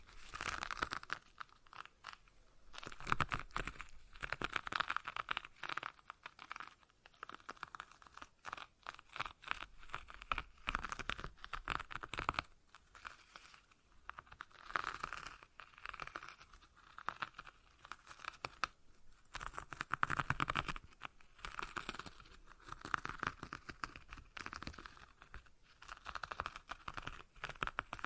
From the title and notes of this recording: ASMR Relaxing Stress Ball Sounds (No Talking).